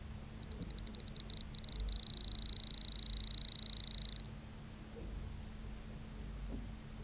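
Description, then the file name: Scaly cricket song: high ticking pulses that quicken into a rapid, sustained trill lasting about two seconds, then stopping abruptly, leaving quiet background noise. "Cycloptiloides sp 293 b"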